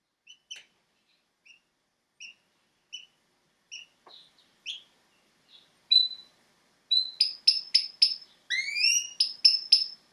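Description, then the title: Domestic canary song: soft, spaced chirps for about six seconds, then louder ringing repeated notes and quick rising sweeps in rapid bursts toward the end. Belgian canary male singing a lot; used for training to warm up young birds. "Canary Training Esquente Seu Filhote E Canario Belga Macho Cantando Muito"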